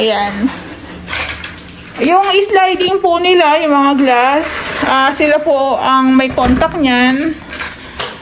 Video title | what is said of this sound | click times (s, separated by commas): ROWHOUSE, Update!! ANG CUTE NG VERTICAL BLINDS, PA HOTEL NA ANG EFFECT 😁🥰 | Ayan ang Ayan po naka-lock na so ang kagandahan din po dito is may lock pa siyang isa | 8.0 s